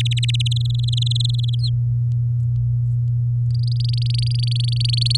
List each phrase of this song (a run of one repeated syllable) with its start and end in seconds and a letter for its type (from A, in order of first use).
0.00-0.48 A, 0.51-1.55 B, 1.59-1.70 C, 3.50-5.17 D